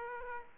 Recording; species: mosquito wingbeat signal from an infrared sensor; Aedes aegypti